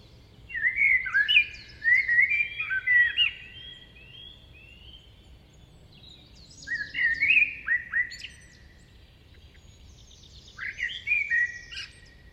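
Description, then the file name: Eurasian blackbird song: three rich, fluty warbled phrases, each ending in a higher squeaky twitter, separated by pauses of a few seconds. "Turdus merula"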